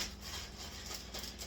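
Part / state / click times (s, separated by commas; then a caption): plastic zipper track on a food storage bag / not seated / none. A plastic zipper track on a food storage bag is handled as it is pressed along to close it, producing a steady, soft rubbing and scraping sound over a low, constant hum. The clip ends before the seal goes home, so nothing has clicked shut yet.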